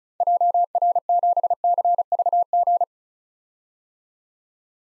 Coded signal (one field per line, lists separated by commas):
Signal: Morse code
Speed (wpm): 34 wpm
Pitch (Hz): 700 Hz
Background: none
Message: JR7CVG